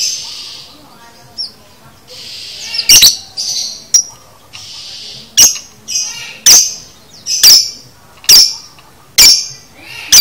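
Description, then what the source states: Lovebird calls: bright, shrill chirps repeated about once a second, with thin buzzy squeaks in the gaps. Used to train a lovebird to chatter in the "konslet" style.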